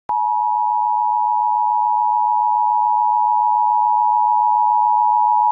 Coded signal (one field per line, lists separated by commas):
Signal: Emergency Alert System (SAME) tones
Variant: 853 and 960 Hz attention tone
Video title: *VALID TONES* EAS Alien Invasion Scenario (DeltaForge Remake)